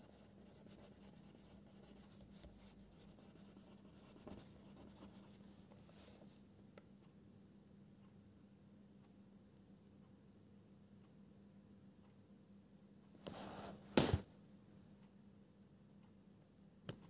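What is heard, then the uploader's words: Soft pencil scribbling rustles steadily over a low hum for six seconds, then quiet, a sharp page flip near fourteen seconds, a tap at seventeen. (NO MUSIC) Pencil ASMR, quiet space, page flipping, scribbles etc.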